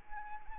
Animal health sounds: mosquito wingbeat signal from an infrared sensor; Anopheles arabiensis

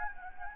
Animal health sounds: mosquito wingbeat signal from an infrared sensor; Anopheles gambiae

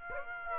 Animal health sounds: mosquito wingbeat signal from an infrared sensor; Aedes aegypti

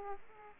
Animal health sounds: mosquito wingbeat signal from an infrared sensor; Aedes aegypti

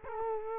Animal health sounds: mosquito wingbeat signal from an infrared sensor; Culex quinquefasciatus

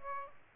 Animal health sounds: mosquito wingbeat signal from an infrared sensor; Aedes aegypti

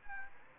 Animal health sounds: mosquito wingbeat signal from an infrared sensor; Culex quinquefasciatus

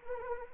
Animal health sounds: mosquito wingbeat signal from an infrared sensor; Anopheles arabiensis

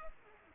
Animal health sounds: mosquito wingbeat signal from an infrared sensor; Culex pipiens

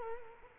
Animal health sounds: mosquito wingbeat signal from an infrared sensor; Culex quinquefasciatus

